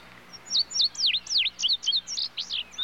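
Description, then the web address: Tudigo giving a rapid string of high, slurred whistles that dip and rise in pitch, delivered in an uneven, chattering run. "bird tudigo tudigo other birds in bg"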